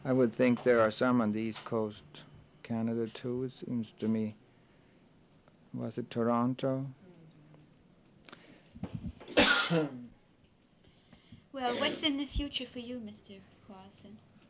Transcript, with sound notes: I would think there are some on the east coast of Canada too, it seems to me. Was it Toronto? ( he coughs )
Well, what's in the future for you, Mr. Karlsson?